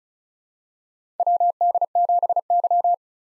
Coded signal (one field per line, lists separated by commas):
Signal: Morse code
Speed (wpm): 36 wpm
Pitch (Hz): 700 Hz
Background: none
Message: WD7Y